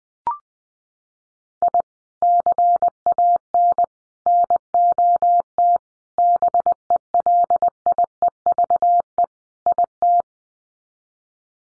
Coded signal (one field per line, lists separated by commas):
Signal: Morse code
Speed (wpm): 20 wpm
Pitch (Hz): 700 Hz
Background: none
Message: I CAN NOT BELIEVE IT